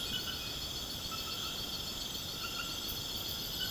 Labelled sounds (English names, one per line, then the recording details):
none
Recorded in pastures near Puerto Asís, Putumayo, Colombia, on 12 March 2025 at 22:30
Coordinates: 0.472, -76.329
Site G074